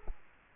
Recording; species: mosquito wingbeat signal from an infrared sensor; Culex quinquefasciatus